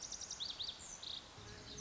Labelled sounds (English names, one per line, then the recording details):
Lazuli Bunting
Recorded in Sonoma County, California